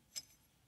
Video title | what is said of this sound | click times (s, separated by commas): Câmbio Del Rey Cht - Capítulo 04 | rumo daqui nós vamos encaixou direitinho ó tá | 0.2 s